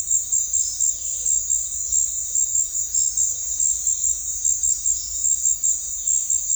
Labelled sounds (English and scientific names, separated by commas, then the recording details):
none
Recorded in secondary vegetation near Puerto Asís, Putumayo, Colombia, on 28 February 2025 at 16:30
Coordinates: 0.484, -76.319
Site G010